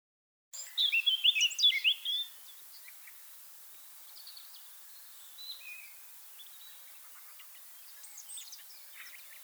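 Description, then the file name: Eurasian blackcap gives a brief burst of loud, fast warbling near the start; afterwards only faint, high chirps over a soft background hiss. "Sylvia atricapilla"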